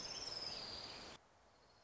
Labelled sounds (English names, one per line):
Orange-crowned Warbler